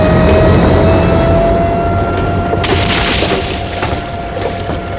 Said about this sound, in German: Köpfe runter! Das Flugzeug fährt gegen uns! Achtung! Jetzt!